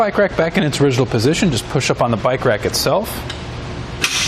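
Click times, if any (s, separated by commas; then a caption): 4.0 s. Someone talks while a tilted RockyMounts MonoRail Solo platform bike rack for one bike, mounted on the hitch of a 2018 Subaru Outback Wagon, is pushed back up to its original upright position. The tilt latch clicks into place at 4.0 s, seating the rack upright.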